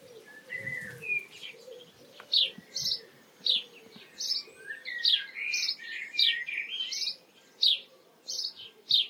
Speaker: That really determined cheeping you can hear happens every afternoon for at least an hour in my garden. And it's a male sparrow sitting in the hedge, proclaiming his territory.